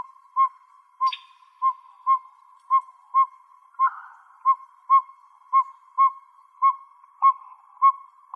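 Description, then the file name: Northern pygmy owl tooting in an even run of single whistled notes about every 0.6 seconds, with a couple of short buzzy bursts from another sound. Arizona, recorded 28 May 2006. "NOPO 4 B deviche"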